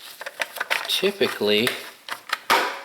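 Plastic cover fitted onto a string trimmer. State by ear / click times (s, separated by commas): not seated / none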